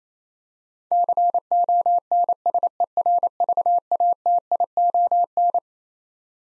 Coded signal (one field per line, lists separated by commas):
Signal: Morse code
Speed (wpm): 28 wpm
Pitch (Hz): 700 Hz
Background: none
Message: CONSERVATION